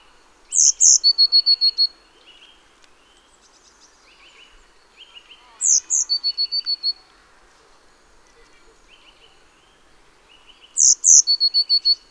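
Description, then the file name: Eurasian blue tit repeating its phrase three times, each two piercing high notes dropping into a rapid trill of even notes, with softer chirps between. "Cyanistes caeruleus"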